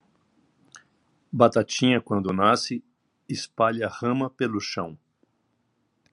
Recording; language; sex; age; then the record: short text; Brazilian Portuguese; male; 50 to 59 years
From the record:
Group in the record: control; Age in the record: 54 years